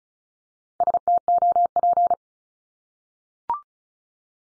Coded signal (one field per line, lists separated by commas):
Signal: Morse code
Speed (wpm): 36 wpm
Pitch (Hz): 700 Hz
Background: none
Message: STOP